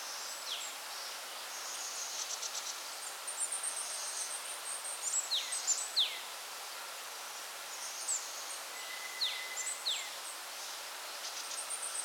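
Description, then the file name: Bird calling with clear descending whistles sliding from high to lower pitch, scattered throughout, mixed with short buzzy insect bursts and a steady faint hiss. Birds in a forest at Alishan. "alishan 2 005 birds in the forest"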